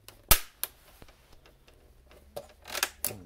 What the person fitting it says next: all just snapped right in real nice